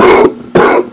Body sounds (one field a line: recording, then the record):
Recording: coughing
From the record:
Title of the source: Coughing 77